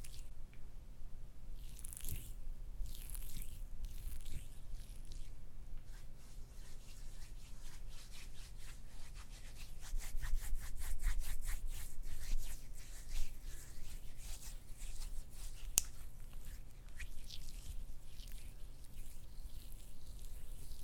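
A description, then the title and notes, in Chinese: Lotion being squeezed and worked: soft, wet swishes early on, then a dense run of quick sticky clicks and squelches from about eight to thirteen seconds that thins out toward the end. A low, steady hum sits underneath throughout. 乳液擠壓。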